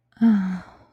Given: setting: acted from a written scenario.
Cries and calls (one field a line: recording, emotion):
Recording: vocal sound without words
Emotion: serenity